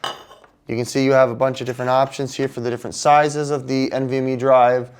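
The plastic and metal cover of an M.2 NVMe drive enclosure on an Orico 2-bay NVMe M.2 USB-C copy dock is pushed open from one side. It releases with a short, sharp chink at 0.0 s and a faint second tick at 0.4 s. Someone then talks.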